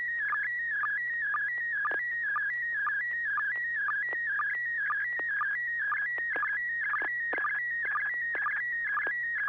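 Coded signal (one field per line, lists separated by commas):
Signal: SSTV (slow-scan television)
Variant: PD120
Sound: continuous warbling tone shifting in pitch, with regular short low-pitched sync blips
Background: low mains hum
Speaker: sure I didn't know I was going to be first but uh this is PD 120.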